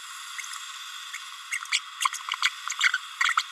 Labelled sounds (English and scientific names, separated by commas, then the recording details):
Green-rumped Parrotlet (Forpus passerinus) babbling
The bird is a female
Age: 30 days
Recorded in a nest box in Venezuela
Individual 17B32A7